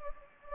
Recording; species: mosquito wingbeat signal from an infrared sensor; Anopheles gambiae